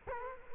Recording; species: mosquito wingbeat signal from an infrared sensor; Culex quinquefasciatus